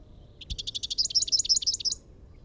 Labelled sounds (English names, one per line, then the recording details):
Rufous-capped Warbler song
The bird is a male
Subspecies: rufifrons
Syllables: 18
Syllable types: 3
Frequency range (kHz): 2.8-7.0 kHz
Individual SP-NWBS-M